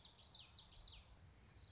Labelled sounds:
Common Yellowthroat
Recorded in Sonoma County, California

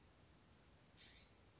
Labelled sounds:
California Scrub-Jay
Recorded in Sonoma County, California

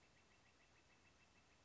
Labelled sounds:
Northern Flicker
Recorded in Sonoma County, California

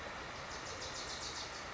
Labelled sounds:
Wilson's Warbler
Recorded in Sonoma County, California

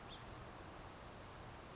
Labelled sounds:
House Finch
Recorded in Sonoma County, California

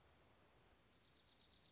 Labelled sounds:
Dark-eyed Junco
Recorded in Sonoma County, California

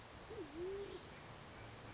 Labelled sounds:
Band-tailed Pigeon
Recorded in Sonoma County, California

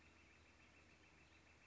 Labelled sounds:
Northern Flicker
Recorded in Sonoma County, California

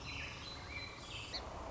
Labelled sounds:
Song Sparrow
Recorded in Sonoma County, California

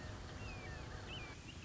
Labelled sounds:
Red-shouldered Hawk
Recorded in Sonoma County, California

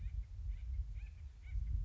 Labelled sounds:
Acorn Woodpecker
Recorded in Sonoma County, California

